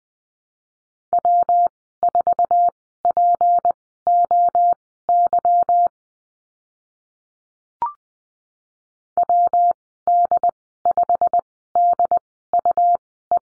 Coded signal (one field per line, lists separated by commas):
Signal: Morse code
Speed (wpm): 20 wpm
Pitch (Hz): 700 Hz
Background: none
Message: W4POY WD5DUE